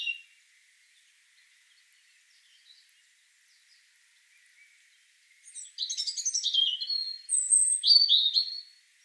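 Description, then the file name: European robin giving a brief high note, a long near-silent gap, then a late phrase of high warbling trills and thin sliding whistles. "Erithacus rubecula"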